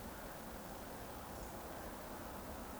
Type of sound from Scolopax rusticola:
whistle